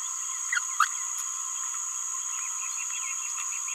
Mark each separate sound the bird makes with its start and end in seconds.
0.79-0.86